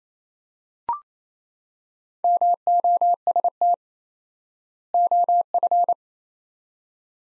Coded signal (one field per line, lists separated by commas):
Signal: Morse code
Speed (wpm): 28 wpm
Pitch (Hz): 700 Hz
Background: none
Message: MOST OF